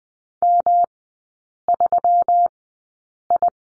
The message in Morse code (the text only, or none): M3I